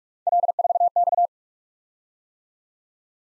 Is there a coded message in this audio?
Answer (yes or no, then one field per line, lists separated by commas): yes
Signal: Morse code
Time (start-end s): 0.3-1.3 s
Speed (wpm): 44 wpm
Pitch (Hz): 700 Hz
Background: none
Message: L4X